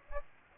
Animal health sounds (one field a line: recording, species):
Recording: mosquito wingbeat signal from an infrared sensor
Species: Aedes aegypti